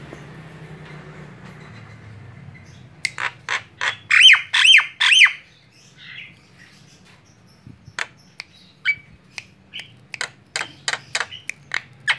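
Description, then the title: Javan myna song: a run of harsh, buzzy, strongly harmonic squawks, then a scatter of sharp clicks and short notes with a low background hum. Very noisy tutor song meant for training other songbirds. "Jalak Kebo Master Suara Super Berisik Buat Masteran"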